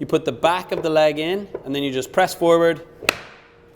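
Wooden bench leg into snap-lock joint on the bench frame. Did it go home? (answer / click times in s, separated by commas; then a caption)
yes / 3.1 s. Someone talks while the back of a wooden HOEK bench leg is placed into the snap-lock joint on the bench frame, with the tooth facing outwards and the wooden part facing inwards. The leg is then pressed forward. A sharp wooden knock at 3.1 s marks the leg snapping and locking into place.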